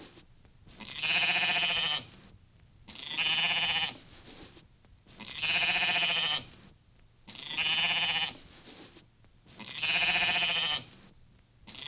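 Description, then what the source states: Repeated sheep bleating, five long tremulous calls at a steady pace of about one every two seconds, nothing else notable in the background. Lambs and sheep together.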